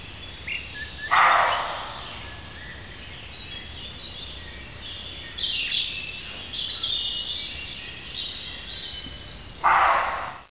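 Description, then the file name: Roe deer barking: two harsh, hoarse single barks well apart, with birds chirping and twittering in the background between them. Male roe deer barking. "Косуля-лай-самца"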